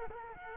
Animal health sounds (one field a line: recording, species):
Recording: mosquito wingbeat signal from an infrared sensor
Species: Culex quinquefasciatus